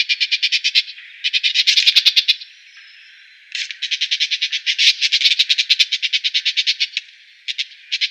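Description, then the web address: Woodchat shrike harsh chattering, several bursts of rapid grating pulses separated by short pauses. "Schulze Peter Woodchat Shrike call"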